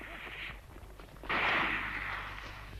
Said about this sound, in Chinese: 冲着两个汉奸啪啪就是两枪。 怎么回事？一听外面的枪声，钟连长就知道情况不好